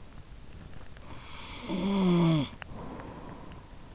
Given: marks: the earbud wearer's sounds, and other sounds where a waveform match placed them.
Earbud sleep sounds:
sounds in sleep by an in-ear microphone; snoring breath
1.14-3.66 s: snoring breath

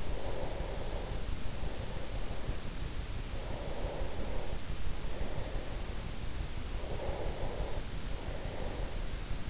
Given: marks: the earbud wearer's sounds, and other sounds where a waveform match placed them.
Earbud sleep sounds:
sounds in sleep by an in-ear microphone; breath
0.07-2.99 s: breath
3.27-9.50 s: breath

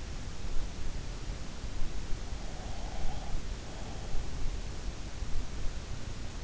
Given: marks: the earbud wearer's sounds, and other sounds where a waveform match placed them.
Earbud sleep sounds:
sounds in sleep by an in-ear microphone; breath
2.61-4.04 s: breath

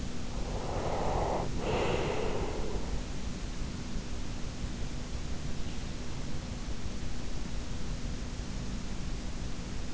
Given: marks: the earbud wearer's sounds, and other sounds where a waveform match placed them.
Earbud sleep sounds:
sounds in sleep by an in-ear microphone; breath
0.00-3.43 s: breath

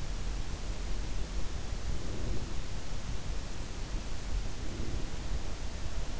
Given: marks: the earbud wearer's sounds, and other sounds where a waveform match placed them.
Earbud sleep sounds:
sounds in sleep by an in-ear microphone; breath
1.68-3.09 s: breath
4.42-5.42 s: breath

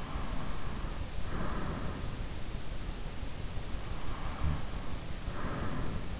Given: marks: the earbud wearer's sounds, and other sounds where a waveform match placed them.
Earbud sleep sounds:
sounds in sleep by an in-ear microphone; breath
0.00-2.62 s: breath
3.92-6.15 s: breath

